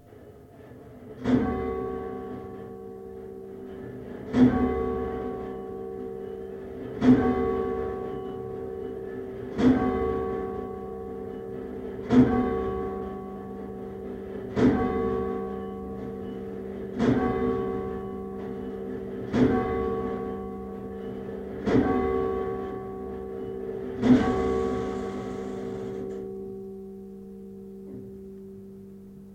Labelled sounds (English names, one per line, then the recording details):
Western Barn Owl call
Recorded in the wild
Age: juvenile
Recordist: Meyer, Hugo